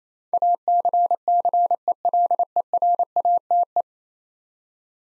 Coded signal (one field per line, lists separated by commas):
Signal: Morse code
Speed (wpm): 28 wpm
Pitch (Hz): 700 Hz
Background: none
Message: ACCELERATE